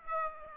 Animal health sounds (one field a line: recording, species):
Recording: mosquito wingbeat signal from an infrared sensor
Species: Aedes aegypti